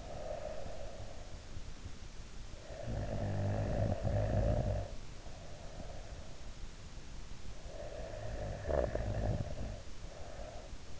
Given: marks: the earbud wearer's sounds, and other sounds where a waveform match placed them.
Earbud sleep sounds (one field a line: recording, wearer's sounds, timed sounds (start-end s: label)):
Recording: sounds in sleep by an in-ear microphone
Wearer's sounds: breath, snoring breath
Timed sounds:
0.00-1.20 s: breath
2.26-6.33 s: snoring breath
7.54-11.00 s: snoring breath